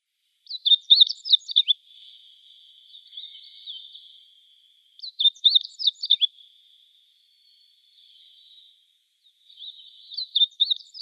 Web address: Schulze Peter Meadow Bunting song